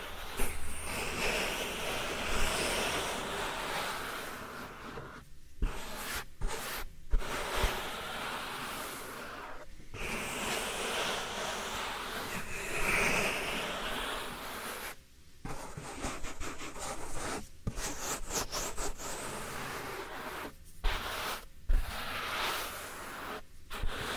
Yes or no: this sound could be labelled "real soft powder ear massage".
yes